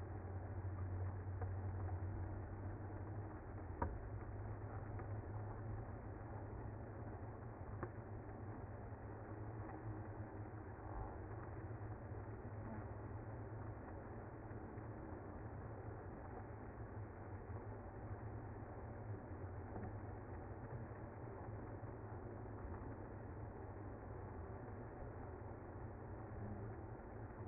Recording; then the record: honeybee colony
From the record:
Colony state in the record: active